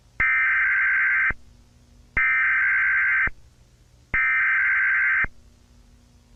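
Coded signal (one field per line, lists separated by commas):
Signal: Emergency Alert System (SAME) tones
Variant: header bursts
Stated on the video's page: Fictional EAS scenario, not a real alert.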